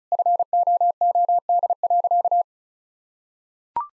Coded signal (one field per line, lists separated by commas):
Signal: Morse code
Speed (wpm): 36 wpm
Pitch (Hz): 700 Hz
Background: none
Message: FOOD.